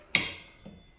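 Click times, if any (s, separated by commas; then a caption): 0.2 s. A new wiper blade adapter is slid over the J-hook of the wiper arm and pushed up until it clicks and locks at 0.2 s. The click is a sharp, bright snap with a short ringing tail that fades over the next half second. A soft shuffle follows around 0.7 s and a faint tick near 1.1 s, and the blade is confirmed installed.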